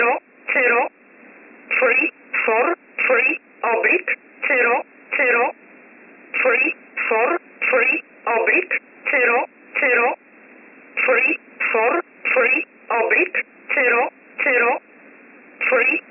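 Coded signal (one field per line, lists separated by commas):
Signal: numbers station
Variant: E11 Oblique, English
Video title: 14 07 2021 Number station E11 Oblique in English to Eu 0745 on 15720 unknown tx site in USB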